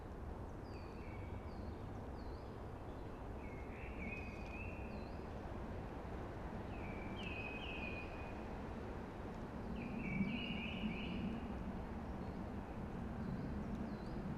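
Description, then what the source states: Eurasian blackbird song: short warbled fluting phrases spaced a few seconds apart, with a constant broad rushing hiss underneath. Singing early, amongst hushing conifers.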